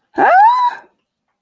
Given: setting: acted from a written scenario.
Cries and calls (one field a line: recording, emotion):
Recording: vocal sound without words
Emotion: negative surprise